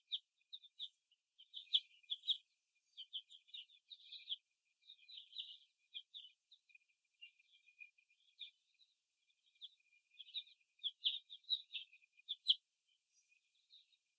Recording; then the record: young laying hens in a cage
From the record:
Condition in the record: before the stressor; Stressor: simulated dog barking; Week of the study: 1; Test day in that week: 2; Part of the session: 2